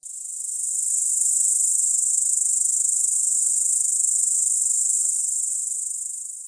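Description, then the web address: Snake hissing in one long, steady, high breathy hiss that swells in over the first second and fades slightly at the end. "MOBICLIC. SERPENT"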